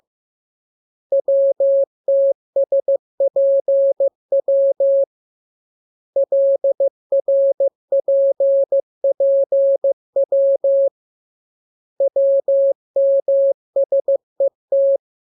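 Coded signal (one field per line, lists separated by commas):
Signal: Morse code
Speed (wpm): 15 wpm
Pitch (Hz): 550 Hz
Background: none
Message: WTSPW LRPPW WMSET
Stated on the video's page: Lesson drill of letters, each radiogram opened with VVV and a section sign and closed with AR.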